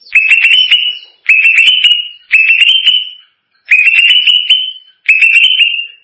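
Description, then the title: Leafbird song: clear whistled phrases with crisp ticking notes, each rising and then holding level, repeated several times with short silent gaps. "Cucak ijo"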